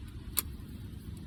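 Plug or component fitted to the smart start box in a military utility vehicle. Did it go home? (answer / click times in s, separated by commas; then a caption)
yes / 0.4 s. A plug or component is lined up and pushed home into the smart start box of a Humvee military utility vehicle, over a low, steady background rumble. A single sharp click sounds at 0.4 s as the connector snaps into place and is seated, followed by a faint tick near 1.2 s.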